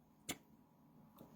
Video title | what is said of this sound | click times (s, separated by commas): Explicación Básica del Sistema Cerec | un cuarto igualitario van a sentir un clic y | 0.3 s